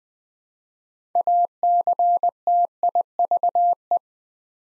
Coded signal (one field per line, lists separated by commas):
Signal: Morse code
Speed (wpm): 20 wpm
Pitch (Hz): 700 Hz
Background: none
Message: ACTIVE